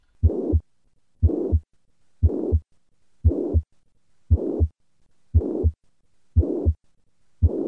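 Regular heartbeat near 59 per minute in an adult, with a continuous systolic murmur filling the gap between the first and second sounds: mitral regurgitation heard at the apex.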